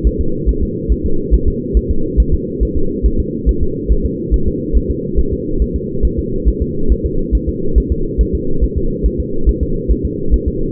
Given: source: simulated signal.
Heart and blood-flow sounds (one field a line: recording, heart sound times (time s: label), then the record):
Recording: fetal heart sounds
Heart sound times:
0.07 s: S1
0.21 s: S2
0.49 s: S1
0.63 s: S2
0.92 s: S1
1.06 s: S2
1.34 s: S1
1.48 s: S2
1.77 s: S1
1.91 s: S2
2.20 s: S1
2.34 s: S2
2.63 s: S1
2.77 s: S2
3.06 s: S1
3.20 s: S2
3.49 s: S1
3.63 s: S2
3.92 s: S1
4.06 s: S2
4.34 s: S1
4.48 s: S2
4.77 s: S1
4.91 s: S2
5.19 s: S1
5.33 s: S2
5.62 s: S1
5.76 s: S2
6.05 s: S1
6.19 s: S2
6.48 s: S1
6.62 s: S2
6.92 s: S1
7.06 s: S2
7.35 s: S1
7.49 s: S2
7.78 s: S1
7.92 s: S2
8.21 s: S1
8.35 s: S2
8.64 s: S1
8.77 s: S2
9.06 s: S1
9.20 s: S2
9.49 s: S1
9.63 s: S2
9.91 s: S1
10.05 s: S2
10.34 s: S1
10.48 s: S2
From the record:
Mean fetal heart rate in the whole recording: 140 bpm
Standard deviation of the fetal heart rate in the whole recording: 2 bpm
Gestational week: 34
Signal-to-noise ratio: -8.1 dB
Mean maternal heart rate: 72 bpm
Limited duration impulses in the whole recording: absent